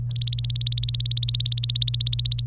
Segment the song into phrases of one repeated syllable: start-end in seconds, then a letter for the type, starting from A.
0.11-2.42 A